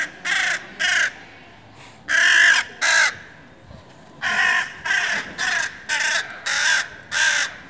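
Crow calls in harsh, grating caws, irregularly spaced, some paired, some longer and louder, about a dozen in all over quiet background noise.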